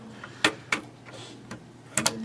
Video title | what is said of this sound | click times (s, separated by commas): Computer Science (David & Philip) 2018 | Snaps right in. | 2.0 s, 2.1 s